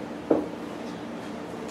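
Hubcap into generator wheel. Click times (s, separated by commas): 0.3 s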